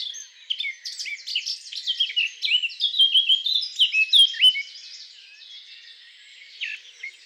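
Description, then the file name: Eurasian blackcap song of rapid, jumbled warbling with sweet whistled and scratchy notes, loudest in the middle and trailing off into quiet twitters. "Sylvia atricapilla"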